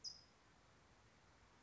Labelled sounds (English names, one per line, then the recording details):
California Towhee
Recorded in Sonoma County, California